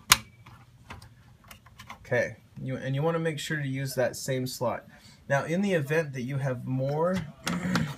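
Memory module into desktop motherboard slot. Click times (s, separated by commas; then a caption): 0.1 s. A desktop memory module (DIMM) is pushed down into its motherboard slot until the plastic latches on both ends snap closed, with a sharp click at 0.1 s and a few fainter ticks up to about 1.9 s. The module is seated, since it needs to click on both sides for the latches to lock, and someone then talks.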